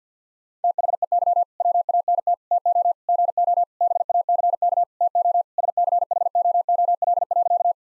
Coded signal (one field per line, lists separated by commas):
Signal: Morse code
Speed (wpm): 50 wpm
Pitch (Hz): 700 Hz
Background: none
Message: THEY WANT TO GO BACK TO SCHOOL.